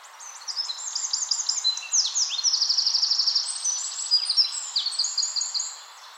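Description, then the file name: Eurasian wren song: a fast, loud torrent of high, sharp notes and rattling trills, tumbling on for about six seconds with barely a pause. "Troglodytes troglodytes"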